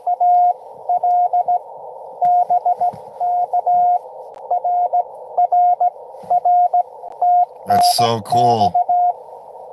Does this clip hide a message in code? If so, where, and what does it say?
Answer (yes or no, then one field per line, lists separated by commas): yes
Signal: Morse code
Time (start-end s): 0.1-9.1 s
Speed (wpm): 16 wpm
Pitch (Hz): 720 Hz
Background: speech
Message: AL BK RRR TNX